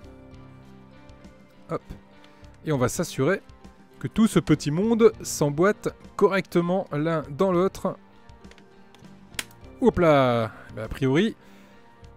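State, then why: Seated. Plastic pegs on a scale-model kit part are pressed firmly into the matching holes of the mating part, pushed hard without hesitating so they fit together. Someone talks over faint background music, and a sharp click is heard at 9.4 s as the part seats.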